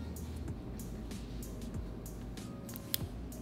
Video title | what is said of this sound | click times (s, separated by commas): Unboxing & Thoughts: VACHERON CONSTANTIN OVERSEAS 4500V in Blue | there you go there's that click and now | 2.9 s